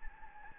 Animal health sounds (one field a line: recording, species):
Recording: mosquito wingbeat signal from an infrared sensor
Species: Anopheles gambiae